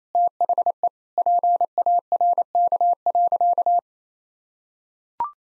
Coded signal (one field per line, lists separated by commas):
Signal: Morse code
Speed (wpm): 28 wpm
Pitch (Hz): 700 Hz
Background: none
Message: THE PARK.